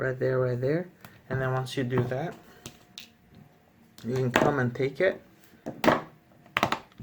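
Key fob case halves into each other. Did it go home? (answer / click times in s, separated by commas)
yes / 6.6 s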